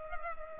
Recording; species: mosquito wingbeat signal from an infrared sensor; Culex pipiens